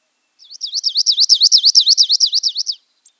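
Palm warbler song: a rapid, even trill of many high notes, growing louder then fading, lasting just over two seconds, quiet background.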